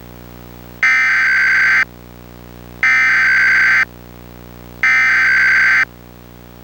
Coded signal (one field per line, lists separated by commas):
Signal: Emergency Alert System (SAME) tones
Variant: header bursts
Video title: EAS Mock: Destruction by Hidden Faults